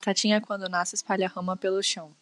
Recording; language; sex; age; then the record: short text; Brazilian Portuguese; female; 20 to 29 years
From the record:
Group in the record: control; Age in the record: 21 years